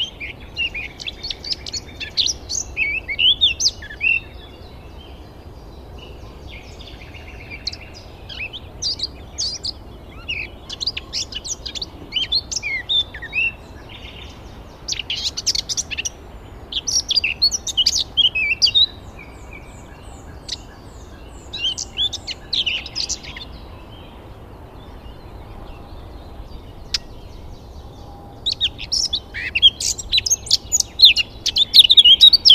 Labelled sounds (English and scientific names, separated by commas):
Eurasian Blackcap (Sylvia atricapilla)